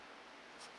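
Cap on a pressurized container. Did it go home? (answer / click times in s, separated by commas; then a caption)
no / none. A cap on a container meant to build up pressure is closed and pressed down, but only a steady broadband hiss with a faint brighter rustle near 0.6 s is heard. No click comes through, and the cap has not clicked shut yet.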